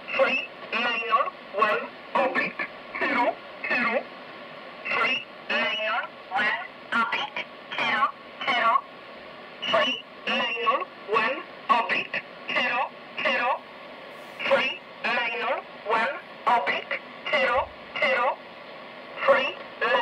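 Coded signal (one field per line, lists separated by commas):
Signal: numbers station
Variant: E07, English Man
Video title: Zahlensender E07 Nullmeldung mit Grundig, Eton Satellit 750, Tecsun S 2000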